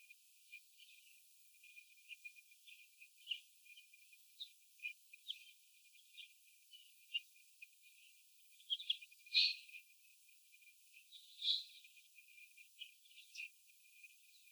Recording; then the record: young laying hens in a cage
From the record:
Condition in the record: before the stressor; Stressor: sudden umbrella opening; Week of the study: 2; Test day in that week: 1